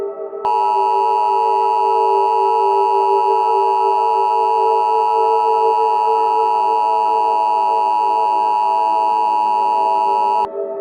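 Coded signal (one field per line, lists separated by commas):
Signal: Emergency Alert System (SAME) tones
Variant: 853 and 960 Hz attention tone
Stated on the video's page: Fictional EAS scenario.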